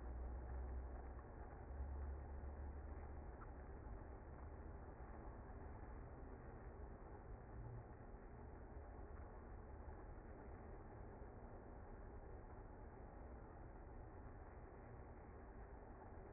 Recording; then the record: honeybee colony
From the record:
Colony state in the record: active